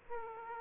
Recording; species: mosquito wingbeat signal from an infrared sensor; Aedes aegypti